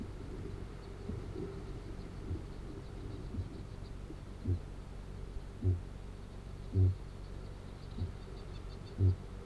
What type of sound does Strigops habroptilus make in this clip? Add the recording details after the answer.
boom. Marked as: faintness 5/5, faintness 4/5. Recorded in New Zealand. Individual Arab